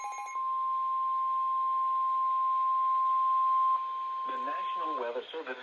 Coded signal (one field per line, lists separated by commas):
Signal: Emergency Alert System (SAME) tones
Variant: 1050 Hz attention tone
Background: speech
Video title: EAS 207 - Severe Thunderstorm Warning